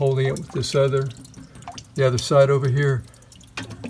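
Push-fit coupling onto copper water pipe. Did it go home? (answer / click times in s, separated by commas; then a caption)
yes / 3.6 s. A push-to-connect coupling is pushed by the palm onto a 1/2-inch copper water pipe while the other side is held, as someone talks. Near the end, a sharp snap at 3.6 seconds marks the fitting seating in place on the pipe.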